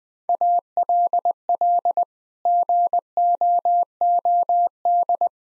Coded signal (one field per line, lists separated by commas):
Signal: Morse code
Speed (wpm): 20 wpm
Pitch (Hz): 700 Hz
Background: none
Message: ALL GOOD